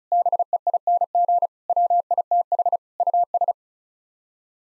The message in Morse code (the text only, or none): BEING WITH US